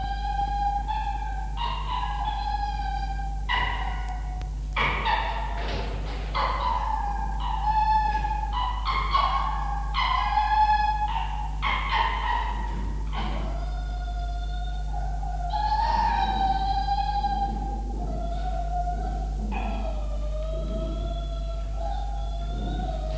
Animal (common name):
Red Fox